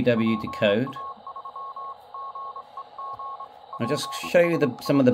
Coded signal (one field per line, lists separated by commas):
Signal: Morse code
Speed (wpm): 25 wpm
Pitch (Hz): 1090 Hz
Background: speech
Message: PA3GEG PSI